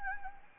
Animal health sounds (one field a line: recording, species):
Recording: mosquito wingbeat signal from an infrared sensor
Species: Anopheles gambiae